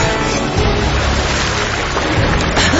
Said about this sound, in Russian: Вода! Смотрите, капитан, улицы начинают заполняться водой! Солнце садится! Дилон погружается в океан!